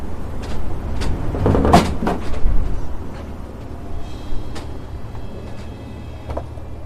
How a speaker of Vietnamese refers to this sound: bỗng rầm một tiếng, một trận âm phong thổi bật tung cửa phòng. Cánh cửa đóng mở liên tục, phát ra tiếng cọt cà cọt kẹt, gió lớn ùa vào.